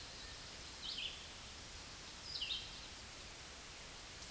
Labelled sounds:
Red-eyed Vireo (Vireo olivaceus) song

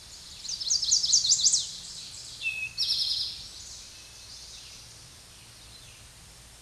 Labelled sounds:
Eastern Towhee (Pipilo erythrophthalmus) song

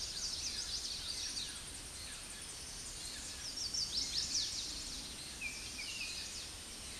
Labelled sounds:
Chestnut-sided Warbler (Setophaga pensylvanica) song

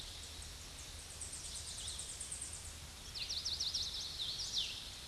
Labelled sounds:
Tennessee Warbler (Leiothlypis peregrina) song

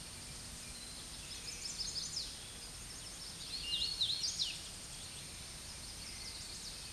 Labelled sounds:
Hooded Warbler (Setophaga citrina) song

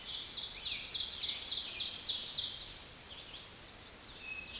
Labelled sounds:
Ovenbird (Seiurus aurocapilla) song

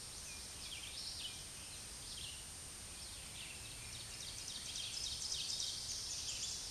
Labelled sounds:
Ovenbird (Seiurus aurocapilla) song

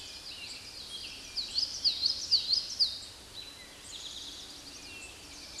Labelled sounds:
Common Yellowthroat (Geothlypis trichas) song

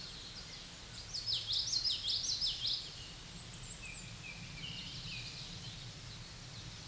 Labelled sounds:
Common Yellowthroat (Geothlypis trichas) song

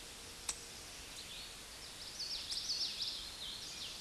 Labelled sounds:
Common Yellowthroat (Geothlypis trichas) song

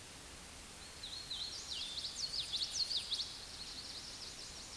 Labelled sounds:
Common Yellowthroat (Geothlypis trichas) song

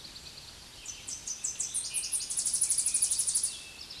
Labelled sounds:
Tennessee Warbler (Leiothlypis peregrina) song

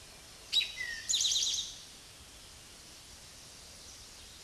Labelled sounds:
Eastern Towhee (Pipilo erythrophthalmus) song

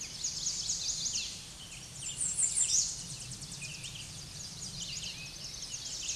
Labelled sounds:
American Redstart (Setophaga ruticilla) song

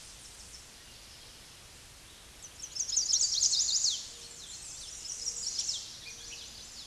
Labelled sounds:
Chestnut-sided Warbler (Setophaga pensylvanica) song

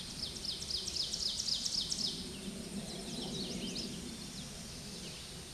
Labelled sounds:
Ovenbird (Seiurus aurocapilla) song

